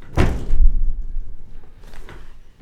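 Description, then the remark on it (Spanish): An upstairs door in a house slams shut with a loud, heavy thud and a low rumbling tail, then a softer knock, and a second sharp bang cuts in at the very end. No one speaks. “Y se cerró la puerta de un golpe.”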